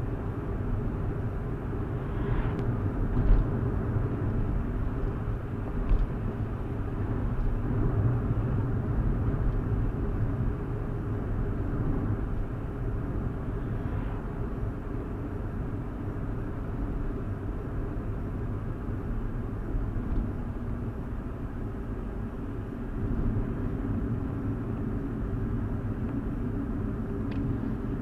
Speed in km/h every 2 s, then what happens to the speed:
79, 79, 81, 79, 76, 72, 71, 69, 68, 66, 64, 63, 61, 58.
0-5 steady at about 79. 5-28 slows to 58.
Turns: none.